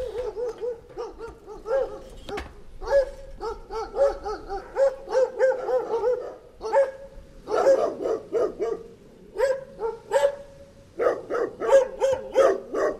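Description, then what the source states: Dog barking almost nonstop, quick harsh barks tumbling over one another, some with a ringing tonal edge, with only brief gaps. Dog attack.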